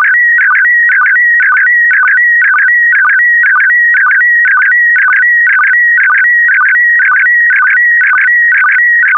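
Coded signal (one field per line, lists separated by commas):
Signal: SSTV (slow-scan television)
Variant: PD120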